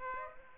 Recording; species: mosquito wingbeat signal from an infrared sensor; Aedes aegypti